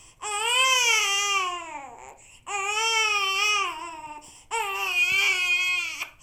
Baby Cry.